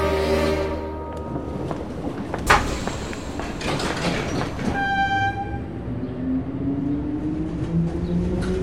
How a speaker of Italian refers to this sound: Il treno va.